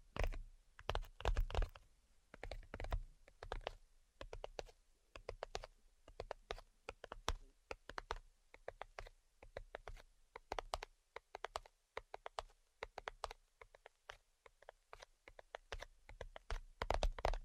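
Tapping fills the whole stretch, with quick clicky strikes arriving in irregular bursts and short gaps, much like typing on a keyboard. Some taps land with a soft low thump, most are crisp and bright. No voice is present.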